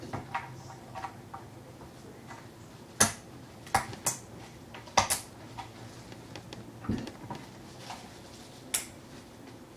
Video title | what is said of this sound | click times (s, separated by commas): Building a couple of PCs on a Tuesday night! - Live PC Build | You should always hear that nice click sound when you put down your Intel stock cooler. | 3.0 s, 3.8 s, 5.0 s, 8.8 s